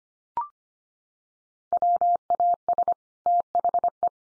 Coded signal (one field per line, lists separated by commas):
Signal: Morse code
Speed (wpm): 25 wpm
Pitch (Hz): 700 Hz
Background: none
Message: WAS THE